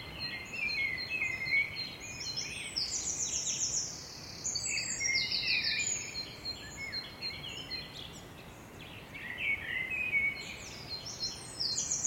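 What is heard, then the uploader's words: Several birds sing continuously in a park, bright overlapping chirps and trills above a steady low hum of city noise. Birdsong. Recorded at London Fields between 04:00 and 04:30.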